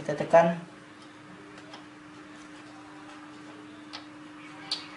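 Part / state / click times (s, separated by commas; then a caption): four-pin cable connector into motherboard socket / seated / 4.7 s. A four-pin cable connector is pressed into its socket on a motherboard until it latches. Someone talks briefly at the start, then a faint steady hum runs under a quiet stretch with a small tick near 3.9 s. A sharp click at 4.7 s marks the connector seating in the socket.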